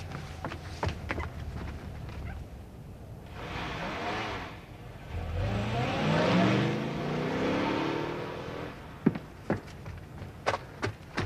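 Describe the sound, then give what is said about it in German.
A car engine rumbles, then revs up with a rising, whining pitch as the vehicle pulls away, the roar swelling and fading. A few sharp clacks and knocks come before and after. “Ich habe meinen Wagen um die Ecke stehen.”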